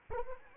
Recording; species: mosquito wingbeat signal from an infrared sensor; Anopheles arabiensis